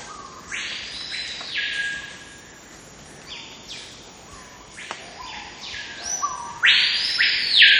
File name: Lipaugus vociferans singing and whistling